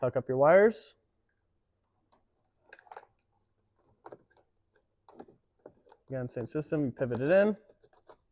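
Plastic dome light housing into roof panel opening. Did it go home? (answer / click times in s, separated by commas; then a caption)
no / none. Someone talks while a plastic dome light housing for a 5th-generation 4Runner light kit is handled and pivoted toward its opening in the roof panel headliner, with wires tucked up. Quiet handling ticks and taps come around 2.7–3.0 s, 4.1 s and 5.2 s. The clip ends before the housing goes home, so nothing has seated or clicked yet.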